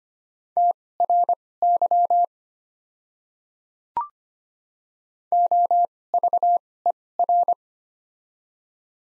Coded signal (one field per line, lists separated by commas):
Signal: Morse code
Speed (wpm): 25 wpm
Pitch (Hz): 700 Hz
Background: none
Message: TRY OVER